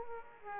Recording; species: mosquito wingbeat signal from an infrared sensor; Aedes aegypti